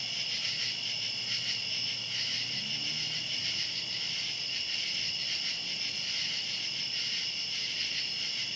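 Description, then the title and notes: Nighttime cicada drone, a constant high-pitched sizzle in two bands, with a faint low hum wavering briefly early on. Outdoors at night. "Ext. Cicadas, Night by Bandeto"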